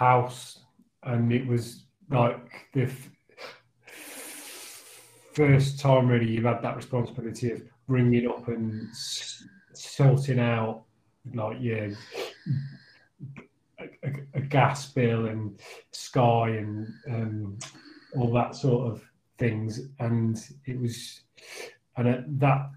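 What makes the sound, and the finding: Adult male speaker. Stuttering.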